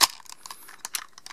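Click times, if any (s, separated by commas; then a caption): 0.0 s. The plastic arms of a 1995 Mighty Morphin' Power Rangers Ninja Megazord transforming toy robot are folded under its body, giving a sharp plastic click at 0.0 s as they lock into place. Softer plastic ticks and rattles follow, with brighter taps around 0.8 and 1.0 s. The arms are seated.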